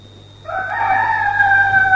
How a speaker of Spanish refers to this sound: Y al instante cantó un gallo.